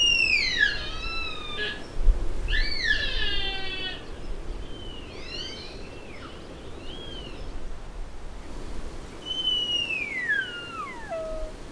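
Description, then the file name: Sika deer rutting calls: repeated bright, descending whistles and squeals, some arching up then down, over low background rumble, with a brief pause before the last calls. Sika deer recorded at Sheding during the rut. "社頂-梅花鹿發情"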